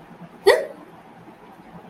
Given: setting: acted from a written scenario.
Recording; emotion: vocal sound without words; negative surprise